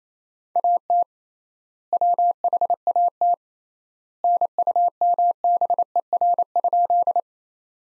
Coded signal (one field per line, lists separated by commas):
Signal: Morse code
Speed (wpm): 27 wpm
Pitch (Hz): 700 Hz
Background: none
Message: AT WHAT NUMBER?